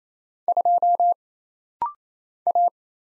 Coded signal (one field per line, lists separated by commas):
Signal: Morse code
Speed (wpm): 27 wpm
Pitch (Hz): 700 Hz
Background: none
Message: 2 A